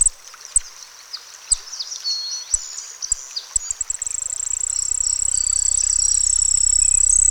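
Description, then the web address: Cricket song: scattered clicks for about four seconds, then a steady, high, rapidly pulsed trill builds and continues to the end. Crickets singing by a pond. "Dr Sound Effects. Crickets Singing By a Pond"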